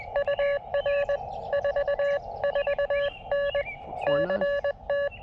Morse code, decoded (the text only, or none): UR 44N CT